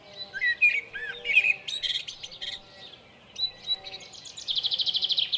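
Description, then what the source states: Common blackbird: mellow warbled notes, then scattered high squeaks, ending in a rapid, evenly repeated high twitter. At Lucenay.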